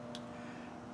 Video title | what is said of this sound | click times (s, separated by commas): You Won’t Believe How Far This Tripod Extends! | you slide it over the latches, and they just snap right into place. | 0.1 s